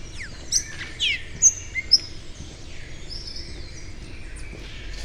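Bird chirps: a handful of sharp, high notes and brief whistles in the first two seconds, followed by softer tweeting over constant background noise.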